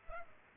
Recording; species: mosquito wingbeat signal from an infrared sensor; Culex pipiens